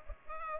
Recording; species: mosquito wingbeat signal from an infrared sensor; Culex pipiens